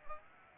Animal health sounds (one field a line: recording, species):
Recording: mosquito wingbeat signal from an infrared sensor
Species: Aedes aegypti